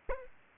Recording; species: mosquito wingbeat signal from an infrared sensor; Aedes aegypti